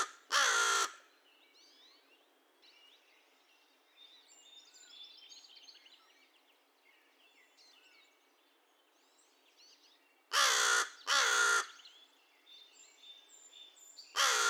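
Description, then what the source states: American crow cawing: harsh caws near the start, a close pair about ten seconds later, then another caw at the end, with faint birdsong between. Recorded 2 May 2020; the recording holds 22 caw-caws and one caw.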